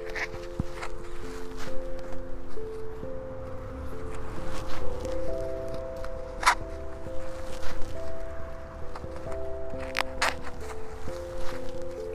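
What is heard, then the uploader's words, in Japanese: Seedlings are being planted through pre-laid mulch, with holes poked using a stick. Scattered sharp taps and rustles come every second or two, the strongest near six and ten seconds, over a steady bed of overlapping held tones and a low rumble. サツマイモのツル苗を植えていきます。あらかじめ張っておいたマルチに棒で穴を開け、一本ずつ苗を置いたのち、土の中に挿していきます。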